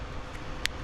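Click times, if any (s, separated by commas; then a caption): 0.6 s. A hand presses the protruding side of a plastic cap on a wall cord cover channel, part of a TV electrical outlet extension install on a Jeanneau 795 S2. Against a steady low background hum, a single sharp click sounds at 0.65 s as the cap snaps into place and the cover is fully seated.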